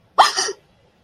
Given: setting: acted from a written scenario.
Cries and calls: vocal sound without words; negative surprise

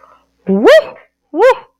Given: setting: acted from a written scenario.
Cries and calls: vocal sound without words; relief

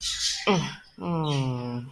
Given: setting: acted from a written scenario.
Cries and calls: vocal sound without words; contempt

